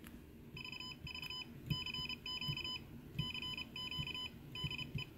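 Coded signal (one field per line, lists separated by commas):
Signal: Morse code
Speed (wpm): 31 wpm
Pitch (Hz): 3000 Hz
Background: none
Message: VV CQ CQ DE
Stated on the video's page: Morse keyed with the capacitive touch key circuit CapKey, shown as a demo.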